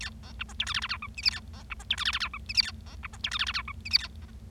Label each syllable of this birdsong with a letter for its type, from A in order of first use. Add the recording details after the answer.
A B C D E F G G H I J K A B C D E F G G H I J K A B C D E F G G H I J K A B B. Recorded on 25 March 2012 at 14:12. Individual gy6or6